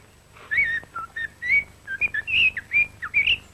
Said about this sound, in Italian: Il canto del merlo maschio nel folto del bosco, il suo richiamo d'amore.